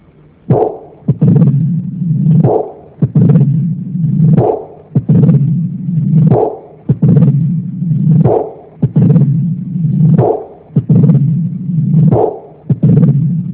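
Sharp, snapping heart sounds repeat in a steady cycle at about 66 per minute, with a loud low-pitched rumbling murmur filling most of the space between them. This is a combined systolic and diastolic murmur in an adult heart, heard by stethoscope, a pattern that can occur with mitral valve disease.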